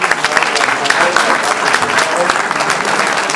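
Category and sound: crowd, audience applause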